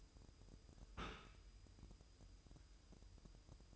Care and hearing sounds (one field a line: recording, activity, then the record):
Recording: daily activity, microphone in the room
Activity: take from stove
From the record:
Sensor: 2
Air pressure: 988.2 hPa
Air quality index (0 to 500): 190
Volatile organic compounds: 181 ppm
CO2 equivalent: 4145 ppm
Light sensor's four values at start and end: 21/71/28/27 and 21/71/28/27